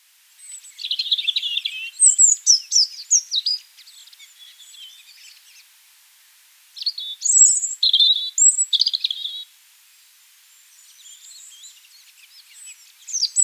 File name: Erithacus rubecula